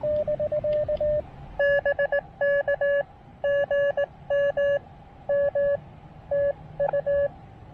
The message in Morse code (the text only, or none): BK GM M TU